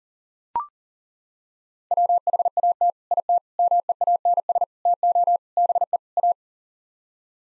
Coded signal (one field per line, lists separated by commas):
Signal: Morse code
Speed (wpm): 40 wpm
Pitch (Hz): 700 Hz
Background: none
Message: WHAT IT MEANS TO BE A